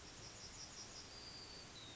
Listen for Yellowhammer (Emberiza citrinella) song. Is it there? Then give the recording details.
yes. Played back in forest. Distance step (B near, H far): F. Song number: 049